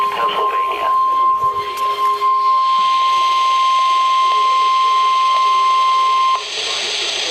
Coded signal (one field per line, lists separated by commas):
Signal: Emergency Alert System (SAME) tones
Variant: 1050 Hz attention tone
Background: speech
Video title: (SEE DESC.) 2 Severe T'Storm Warnings (EAS #473-474)